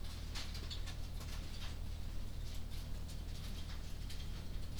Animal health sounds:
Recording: poultry house recording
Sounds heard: no chicken sound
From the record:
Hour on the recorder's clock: 20

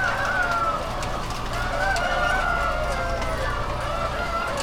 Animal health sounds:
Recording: poultry house recording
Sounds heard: healthy chickens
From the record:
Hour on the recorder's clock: 21

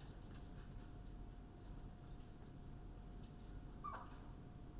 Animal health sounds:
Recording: poultry house recording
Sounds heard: sick chickens (respiratory disease)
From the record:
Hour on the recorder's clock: 21

